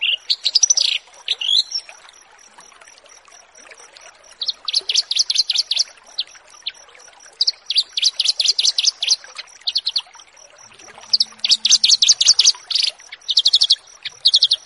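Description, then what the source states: Horsfield's bush lark song in separate bursts of quick chattering notes, each a second or two long, with a quiet pause near the start and a constant high ticking. Bird-keeping masteran song-tutoring recording.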